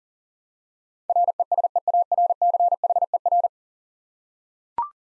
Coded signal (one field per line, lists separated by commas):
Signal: Morse code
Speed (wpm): 40 wpm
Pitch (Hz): 700 Hz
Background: none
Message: RESEARCHER